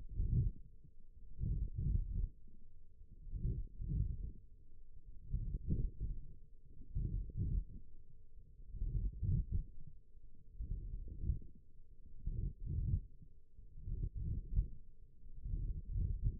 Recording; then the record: forearm muscle sounds (acoustic myography)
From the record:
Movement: wrist extension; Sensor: system 1, eight BSWA MPA416 microphones around the upper forearm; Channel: 2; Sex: female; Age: 20 years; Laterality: right